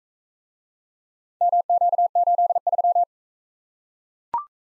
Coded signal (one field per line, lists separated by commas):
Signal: Morse code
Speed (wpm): 43 wpm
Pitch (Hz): 700 Hz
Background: none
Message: MQ83